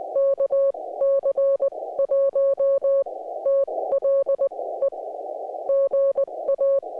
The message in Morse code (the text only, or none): KC1TLE GA